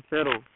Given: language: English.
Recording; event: throat vibration sensor signal played as sound; speech